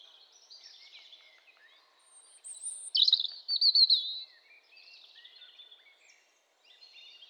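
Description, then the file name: European robin song: a bright, shimmering burst of high warbled notes stands out among quieter high warbling. "Erithacus rubecula"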